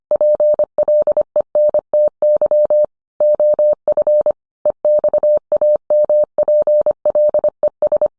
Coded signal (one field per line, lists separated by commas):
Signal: Morse code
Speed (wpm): 25 wpm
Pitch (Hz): 600 Hz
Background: none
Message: PLENTY OF EXAMPLES